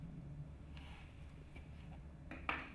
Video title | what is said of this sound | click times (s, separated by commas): 35mm Moviecam Overview | and locks in place like so it's spring loaded | 2.5 s